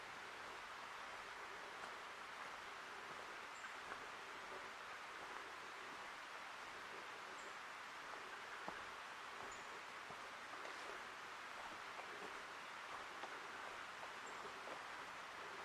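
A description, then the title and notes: Ambience in an old-growth forest, with a steady, dense hiss like light rain or dripping through the canopy, unchanging throughout. Small ticks of drops land here and there. Faint high bird peeps sound a few times. Ancient Forest Preserve, a 40 acre non-contiguous annex to the 5200 acre Forest Park of Portland, Oregon, one of the largest urban parks in the US.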